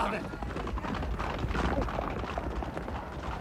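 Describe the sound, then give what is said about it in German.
Racehorses break from the start of a race: a steady rumbling rush of many galloping hooves, dense and continuous with faint rapid thuds running through it, holding an even loudness throughout with a murmur of crowd noise underneath. “Da, jetzt sind sie alle am Start. Sie sind ab!”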